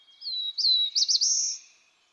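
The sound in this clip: Black-throated blue warbler song: one lazy phrase of slurred whistled notes that climbs through a few wavering notes into a thin, high buzzy finish.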